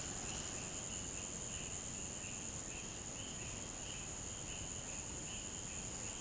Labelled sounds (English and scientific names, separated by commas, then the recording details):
none
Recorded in pastures near Puerto Asís, Putumayo, Colombia, on 22 June 2025 at 10:30
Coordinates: 0.472, -76.331
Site G095